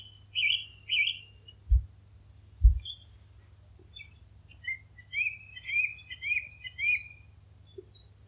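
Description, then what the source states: Birds singing, short high chirps and warbled phrases scattered through, a run of quick twittering notes later on, with a low steady hum and two brief knocks. Morning birdsong.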